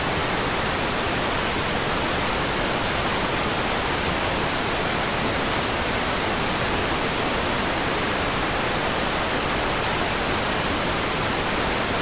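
White noise static hisses steadily from start to finish, with no breaks, swells or separate events. The sound is dense and even, bright and airy across the top with a softer, rougher rumble underneath, holding the same level throughout.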